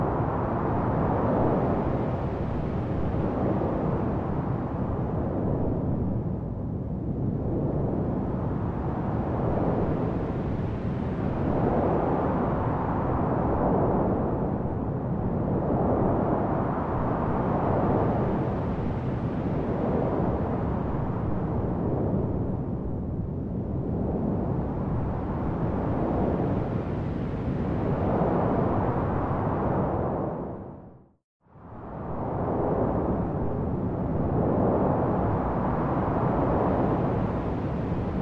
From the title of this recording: calm white noise sound